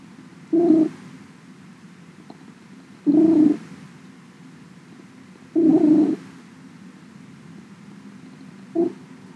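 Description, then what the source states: Domestic cat purr in short, throaty low bursts, four of them at about two-and-a-half-second intervals, softer rumble continuing in between. Cat named Max purring, 20 September 2017.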